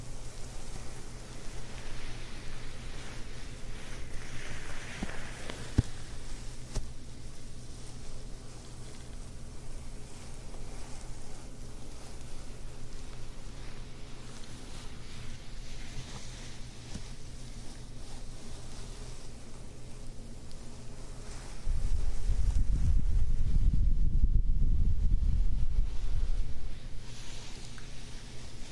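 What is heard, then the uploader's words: Soft, steady fabric scratching and rubbing with a low hum underneath, a sharp tap near six seconds, then heavy low rumbling from 22 to 26 seconds. ASMR Ear Massages + Fabric Scratching on 3DIO.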